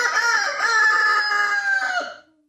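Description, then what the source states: Chicken: a rooster giving one long, loud, rich crow that holds steady for about two seconds and then fades away at the end. Ralston, a rooster on a farm of rescue animals that play NPR for them, named as the loudest NPR fan among the farm's animals.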